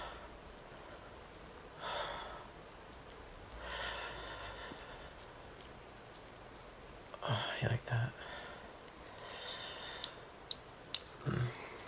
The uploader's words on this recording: Male moaning | heavy breathing asmr.